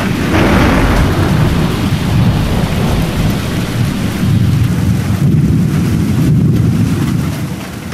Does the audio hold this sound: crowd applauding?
no